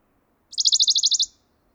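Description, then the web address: Western Bonelli's warbler singing one short, dry, high trill of about ten rapid identical notes lasting under a second, with near silence around it. Song; recorded by Fernand Deroussen. "chant fernand deroussen pouillot de bonelli"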